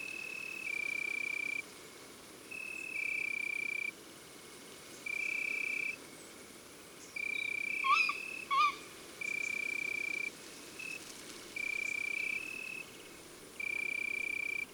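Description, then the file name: Tawny owl utters two sharp, harsh shrieks close together midway, set against regularly alternating high-pitched insect trills throughout. Female. "Chouette hulotte femelle Chants doiseaux des bois et des forets"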